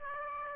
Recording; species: mosquito wingbeat signal from an infrared sensor; Aedes aegypti